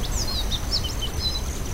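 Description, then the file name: Young birds giving thin, high chirps in short scattered bursts over a steady low rumble of background noise. Young birds recorded at Crescent Meadow in August 2015. "201508 Aug Crescent Meadows Baby Birds"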